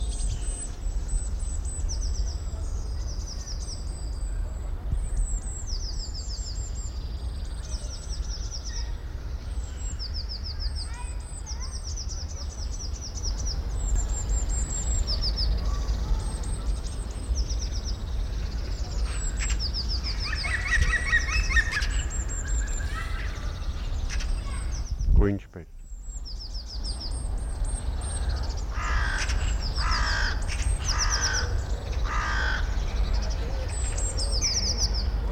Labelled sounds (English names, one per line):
Eurasian Blue Tit